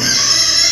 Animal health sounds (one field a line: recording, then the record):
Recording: squeal of a Yucatan mini pig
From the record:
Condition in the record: before surgery on the right vocal fold (resection and tissue-engineered implant)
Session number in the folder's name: 2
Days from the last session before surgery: 0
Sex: male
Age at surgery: 12 weeks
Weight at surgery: 13 kg